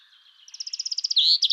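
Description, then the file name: Common chaffinch song: a run of repeated bright notes growing louder, ending in a loud flourish and a couple of sharp chirps. "Fringilla coelebs"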